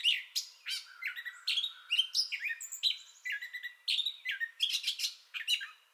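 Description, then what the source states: Gray catbird song: a rapid jumble of chattering, slurred whistles and harsh squeaks, each phrase different from the one before. Entire song bout, 30 May 2021.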